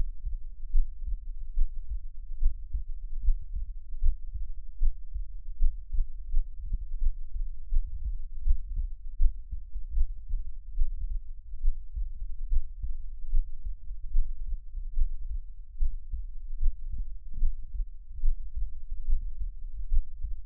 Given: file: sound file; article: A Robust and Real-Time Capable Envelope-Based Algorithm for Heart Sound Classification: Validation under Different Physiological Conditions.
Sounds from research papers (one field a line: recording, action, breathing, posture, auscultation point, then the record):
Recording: heart sounds by electronic stethoscope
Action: rest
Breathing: normal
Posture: lying on left side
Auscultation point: Erb’s point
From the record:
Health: healthy, no known heart disease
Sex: male